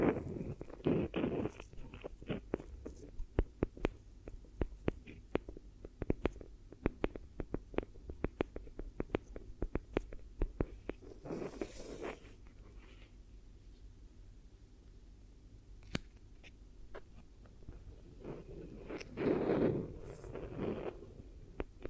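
Hypnotic triggers made around the head and ears: rapid, irregular clicks and taps run throughout, densest in the first half. Soft rustling swells come and go, notably near 1, 11 and 19 seconds, over a low, steady murmur.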